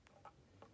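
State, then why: Not seated. A plastic roof piece is handled and pressed toward a toy car, giving light ticking contacts around 0.1, 0.3 and 0.6 seconds. It is a bit tricky to fit, and nothing has seated or clicked yet.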